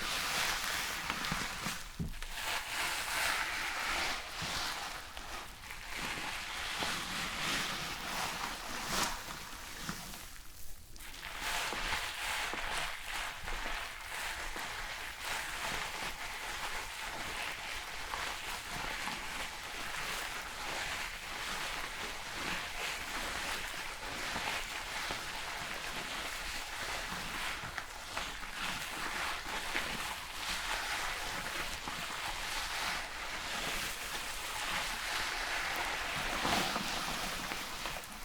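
Shampoo being worked through hair makes a dense, steady wet hiss for most of the clip, with brief dips near two and eleven seconds.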